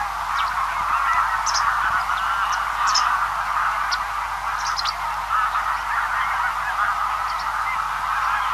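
Greylag goose flock calling, a dense continuous chorus of overlapping nasal honks with a few sharper higher calls breaking through now and then.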